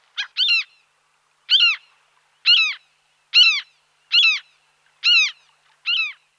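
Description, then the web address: Common gull calling: a series of loud, harmonic cries about once a second, beginning with a quick double note. "Stormmage"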